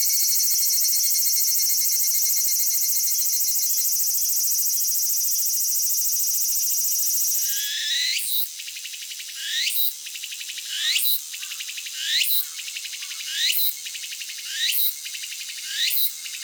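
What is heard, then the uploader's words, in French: Japanese cicadas stridulate with an electronic-sounding tone: first a loud, steady, high buzz for about seven seconds. It then breaks into a regular pattern of sweeping calls that swoop downward roughly every second, with a softer pulsing drone continuing between them. Cigales électro au Japon. Enregistrées 'en gros plan' à l'aide d'un micro parabolique, les stridulations des cigales nippones ressemblent à des sons électroniques. Les mâles font rapidement vibrer leurs cymbales, organe sonore dont sont dépourvues les femelles. Annakaharuna et Gunma (Japon).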